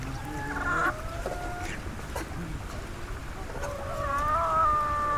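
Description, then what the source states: Chickens giving drawn-out, nasal, wavering calls, one near the start and a louder one near the end, over steady rumbling background noise. Caged chickens in Nepal.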